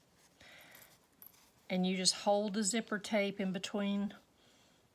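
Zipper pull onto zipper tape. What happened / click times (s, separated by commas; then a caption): The zipper tape is being lined up and held, with no seating snap yet / none. The two edges of a zipper tape are evened up and held between the fingers before a zipper pull is pushed onto the tape, while someone talks. A soft rustle comes near 0.4 s and brief light ticks at about 1.2 s and 5.0 s. Nothing has seated or clicked yet.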